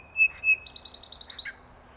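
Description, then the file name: Common nightingale singing two loud pure whistles followed by a quick, chattering trill of high repeated notes and a short closing note. "Luscinia megarhynchos"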